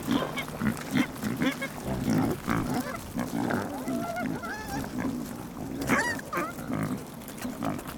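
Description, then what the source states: Piglets eating, with wet crunching and chewing throughout, soft grunts and a few brief rising squeals mixed in. Several piglets eating vegetables.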